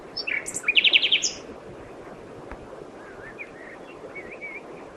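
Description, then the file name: Common nightingale song: a short burst of fast buzzy notes and whistles at the start, followed by faint wavering whistles. "Luscinia megarhynchos"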